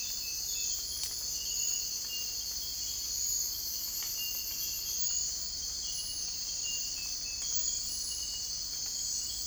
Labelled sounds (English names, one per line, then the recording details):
none
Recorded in secondary vegetation near Puerto Asís, Putumayo, Colombia, on 21 December 2024 at 05:30
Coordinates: 0.484, -76.319
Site GP06